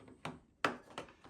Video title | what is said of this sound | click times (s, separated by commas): Citroen C3 Picasso number plate bulb change | so it just snaps in place, look. | 0.7 s